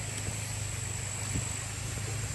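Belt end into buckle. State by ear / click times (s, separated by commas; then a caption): not seated / none. The end of a fabric belt is fed through its buckle before the buckle clamp is snapped down, with faint rustling over a steady low hum and a sharp jump in level at the very end around 2.4 seconds. The clamp has not been snapped down yet, and nothing has clicked.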